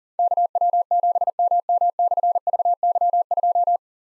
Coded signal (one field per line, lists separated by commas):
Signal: Morse code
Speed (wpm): 42 wpm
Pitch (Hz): 700 Hz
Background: none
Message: KW7MM/VY2